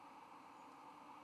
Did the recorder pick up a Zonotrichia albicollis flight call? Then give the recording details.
no. No flight call is heard. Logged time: 04:07 on 23 November 2014